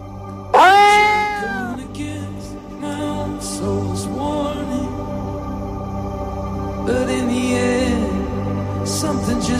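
A cat lets out one loud, drawn-out meow that rises and falls in pitch, followed by softer, shorter cat sounds over a steady low hum.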